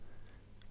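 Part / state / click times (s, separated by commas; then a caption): flight battery out of drone body / released / 0.6 s. Two tabs on a drone are slid back to release its flight battery, and the battery pops out of the drone body. A faint, sharp click is heard at 0.6 s over a low steady hum, and the battery comes free.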